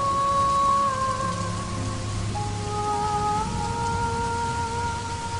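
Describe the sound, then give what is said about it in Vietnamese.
Steady, even rain patters on a window at night without pause, a soft hiss of drops with faint sustained musical tones humming beneath it and no voices. “Mưa bên ngoài cửa sổ lại rơi xuống, từng giọt tí tách dừng lại trên cửa sổ, cách bọn họ rất gần.”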